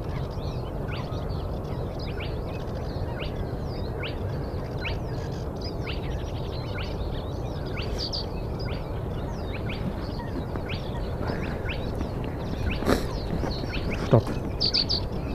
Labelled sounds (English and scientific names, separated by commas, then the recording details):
Spotted Crake (Porzana porzana)
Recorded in the wild
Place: Schwedt/Oder, Nationalpark Unteres Odertal, Brandenburg, DE
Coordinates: 53.1037, 14.3534
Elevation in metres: 1
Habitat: wetland
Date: 2015-04-23 04:35
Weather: clear, 4°C, almost windless
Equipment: Sound Devices 702, Sennheiser MKH 70, Rycote Windschutz
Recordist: Frommolt, Karl-Heinz